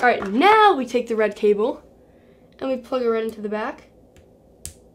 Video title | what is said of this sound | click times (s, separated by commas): Mystery Tech Unboxing #2! | satisfying click and then this just goes on to uh your hot shoe on your camera | 4.6 s